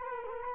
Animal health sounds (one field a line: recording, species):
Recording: mosquito wingbeat signal from an infrared sensor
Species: Culex quinquefasciatus